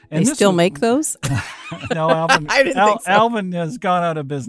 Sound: laughs